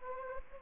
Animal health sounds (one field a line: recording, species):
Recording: mosquito wingbeat signal from an infrared sensor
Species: Anopheles arabiensis